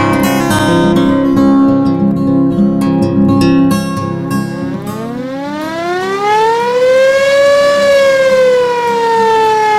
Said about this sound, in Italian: Quando sento la sirena, so che il mio papà sta per entrare in fabbrica. Lui lavora alla Falck, come tanti altri papà del villaggio.